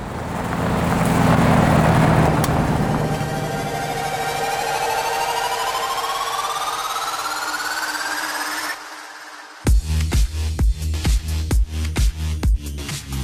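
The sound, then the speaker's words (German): A black rental car drives off to the next gig, its engine droning and climbing steadily in pitch over road rumble for several seconds, before the sound cuts to loud, rhythmic music with a pounding beat. “Dann zum schwarzen Mietwagen ab zum nächsten Gig.”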